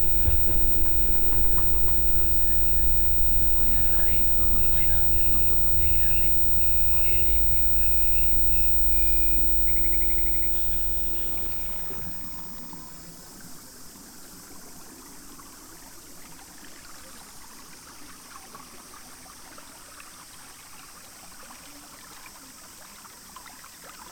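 A field recording from Kyoto opens with a loud, busy mix of low rumbling engine-like drone, a steady hum and bits of voices for about eleven seconds. The noise then fades, leaving a quieter, even hiss like trickling water through the end.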